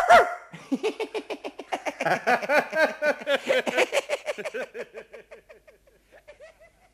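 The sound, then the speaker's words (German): A voice imitates a dog, letting out a long run of quick, yappy barks in a steady rhythm that gradually fades and slows toward the end. “Aber ich sage dir, das Bellen, das kann man sich richtig angewöhnen.”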